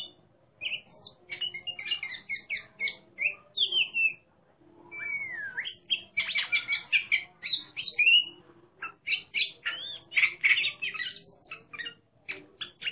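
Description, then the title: Oriental magpie-robin singing varied whistles, a long downward-then-rising slur, and dense chattering bursts. Competition bird singing in the ngeplong style, described as gacor (singing abundantly) and a national champion. "burung berkicau Kacer Ngeplong gacor Juara Nasional. burung Kacer"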